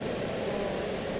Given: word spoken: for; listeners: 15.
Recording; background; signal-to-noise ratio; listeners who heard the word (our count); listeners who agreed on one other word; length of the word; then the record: one English word in noise, from a listening test; speech-shaped noise; -5.6 dB; 0 of 15; 6 of 15; 0.80 s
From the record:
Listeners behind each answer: 6, 3, 1, 1, 1, 1, 1, 1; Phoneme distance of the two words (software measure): 17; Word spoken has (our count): 1 syllable, 2 phonemes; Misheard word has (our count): 1 syllable, 3 phonemes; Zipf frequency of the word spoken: 6.93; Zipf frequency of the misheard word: 4.92